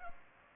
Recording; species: mosquito wingbeat signal from an infrared sensor; Culex pipiens